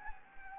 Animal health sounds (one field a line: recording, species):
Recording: mosquito wingbeat signal from an infrared sensor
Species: Anopheles gambiae